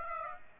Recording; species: mosquito wingbeat signal from an infrared sensor; Aedes aegypti